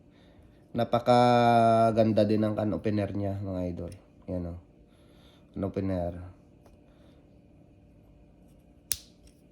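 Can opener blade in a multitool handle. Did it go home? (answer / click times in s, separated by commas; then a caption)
yes / 8.9 s. A metal can opener blade on a Leatherman Wave+ multitool is opened until it locks in place. Someone talks for the first several seconds, then a single sharp click is heard at 8.9 seconds. The blade is locked open.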